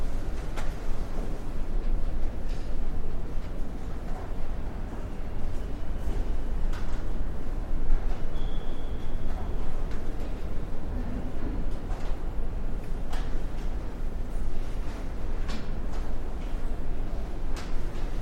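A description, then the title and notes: Library ambience: a steady low hum and murmur fill the room throughout, with small clicks and knocks scattered every second or two. Around eight seconds a brief thin tone sounds, and faint voices and door or drawer sounds mix in. Library Ambience.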